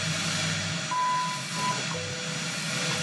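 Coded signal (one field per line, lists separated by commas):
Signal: radio time signal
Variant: WWV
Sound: weak 1 kHz tone in hiss, a brief repeat, then a steady lower 500 Hz tone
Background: radio static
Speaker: here's a 25 MHz signal is quite weak but it's in there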